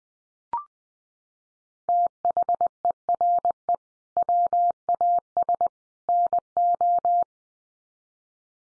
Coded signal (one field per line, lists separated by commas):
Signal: Morse code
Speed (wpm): 20 wpm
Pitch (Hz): 700 Hz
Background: none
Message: THERE WAS NO